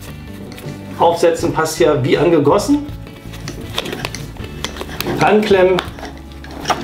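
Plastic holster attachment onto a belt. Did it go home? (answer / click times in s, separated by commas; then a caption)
no / none. A Cytac R-Defender Level II plastic holster with its paddle, Molle and drop-leg platform is handled and pressed against a wide belt. Someone talks over background music, with short plastic knocks and scrapes between about 3.8 and 5.0 seconds. Nothing has seated or clicked onto the belt yet.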